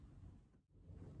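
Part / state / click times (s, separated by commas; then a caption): snap fastener on a handbag or accessory / not seated / none. Someone tries to close the snap fastener on a newly unboxed Carolina Herrera handbag or accessory, and only low, muffled handling rumble is heard, briefly dipping quieter around 0.6–0.7 s. The snap fails to shut, and nothing has clicked or engaged yet.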